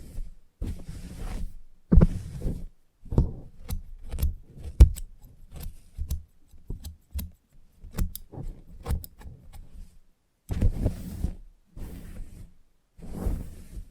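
Scissors snip in quick, irregular runs through a salon haircut, sharp clicks landing every fraction of a second. Between them come bursts of brushing and rustling, with a low buzz under several bursts. Near the end, longer hissy bursts return in a steadier rhythm.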